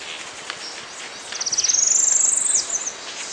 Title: LuckyPassaro Completos2Sama. Tropical Parula (Setophaga pitiayumi pitiayumi (ssp assumed from location))